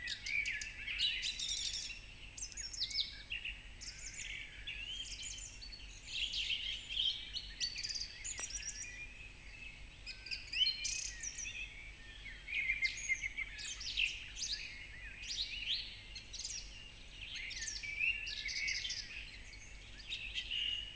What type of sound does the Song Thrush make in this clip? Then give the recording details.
song. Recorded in the wild. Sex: male. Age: adult. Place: Marburg, Hessen, DE. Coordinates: 50.8089, 8.76861. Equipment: Uher 4100 Report-V, Sennheiser MKH 804. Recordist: Brunner, Thomas. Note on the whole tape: Frühjahr 1970, in Marburg, oberhalb bzw. neben Karlshaus aufgenommen